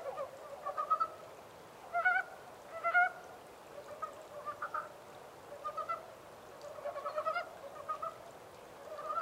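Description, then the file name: Montane brown frog calling: loud rattling croak bursts early on, then softer pulsed calls every second or so. 14 April 2010. "yamaakagaeru-20100414"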